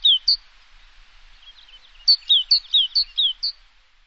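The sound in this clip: Bird calls: sharp, high, downslurred chirps, two at the start, then a hurried string of about seven after a short pause.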